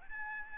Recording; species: mosquito wingbeat signal from an infrared sensor; Aedes albopictus